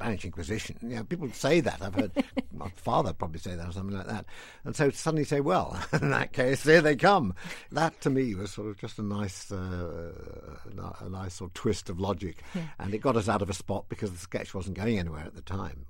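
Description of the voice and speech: A man speaks fluently in a relaxed, low-pitched conversational voice, with ordinary rhythm and brief natural pauses.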